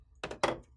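A black ink cartridge is pushed into the right slot of the carriage of an HP ENVY 5540 printer. Two quick plastic knocks come at about 0.2 and 0.3 seconds, then a louder plastic thunk at 0.4 seconds as the cartridge snaps home and seats.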